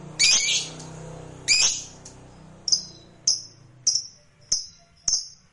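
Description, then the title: Lovebird calling: two harsh screeches followed by a series of short, sharp, high chirps. "Suara Lovebird"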